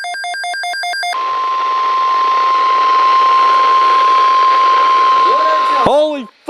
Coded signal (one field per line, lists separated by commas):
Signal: Emergency Alert System (SAME) tones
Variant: 1050 Hz attention tone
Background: speech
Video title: EXPECT THE UNEXPECTED...PART 2... EAS Alerts from 8/7/19 (EAS # 3,099 - 3,105)